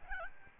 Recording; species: mosquito wingbeat signal from an infrared sensor; Aedes albopictus